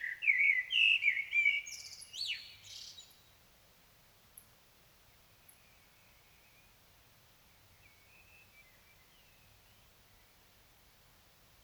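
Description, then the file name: Common blackbird song: a low fluty warble followed by a squeaky high twitter, then quieter, fainter phrases after a pause. "Turdus merula"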